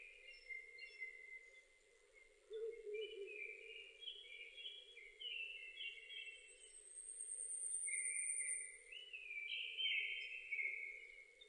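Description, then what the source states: Japanese thrush singing clear whistled phrases strung together in quick succession, over a constant low hum, with a thin high note later on. 7 May 2005.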